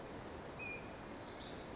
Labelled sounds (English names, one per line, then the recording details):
Pacific Wren
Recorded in Sonoma County, California